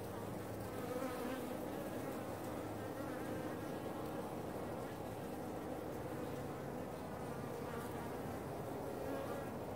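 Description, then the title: Bees buzzing as a steady, dense drone that holds throughout without pause. Bees nesting in a cool spot. "Bees found a cool spot to nest"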